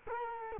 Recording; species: mosquito wingbeat signal from an infrared sensor; Culex quinquefasciatus